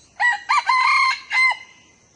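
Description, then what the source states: Red junglefowl crowing once, brief and hoarse: two quick notes, a drawn-out middle section, then a short closing syllable. Young male crowing.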